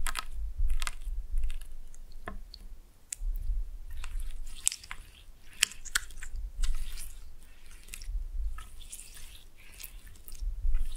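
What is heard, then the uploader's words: Slime being squished and stretched, with wet squelches, sticky pops and clicks coming irregularly over a steady low rumble throughout. ASMR Fun with Slime No Talking.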